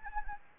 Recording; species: mosquito wingbeat signal from an infrared sensor; Anopheles gambiae